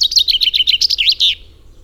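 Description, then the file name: Common chaffinch song: a rapid run of bright, clipped notes, closing with a brief emphatic flourish, then quiet. "Fringilla coelebs"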